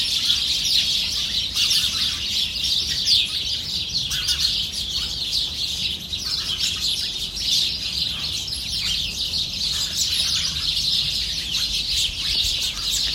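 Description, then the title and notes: Starlings chattering together, a thick, constant wall of shrill squeaks and clicks that pulses slightly but never stops. Flock in a shrub bed at 9 Rue Pascal Tavernier, Saint-Étienne, France; recorded on an iPhone SE, normalised in Audacity. "9 Rue Pascal Tavernier, 42000 Saint-Étienne, France - starling & cat. étourneaux (starling) dans un massif puis arrivée d'un chat"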